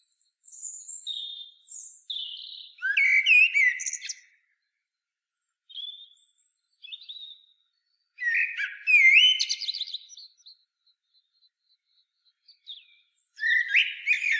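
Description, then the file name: Common blackbird singing repeated phrases: thin high notes building to loud melodious warbles with squeaky ends, separated by silences over about fourteen seconds. "Turdus merula"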